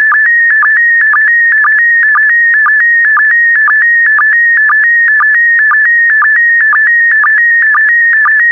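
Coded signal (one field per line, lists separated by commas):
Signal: SSTV (slow-scan television)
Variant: PD120 mode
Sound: steady warbling electronic tones near 2 kHz, with a short low blip about twice per second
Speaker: Transmission complete. You can now check your decoded image against the picture that is shown on the video.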